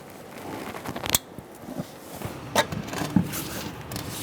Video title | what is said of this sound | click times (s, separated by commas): How to Replace Front ABS Wheel Speed Sensors 2014-2018 Subaru Forester | and push till you hear a click | 1.1 s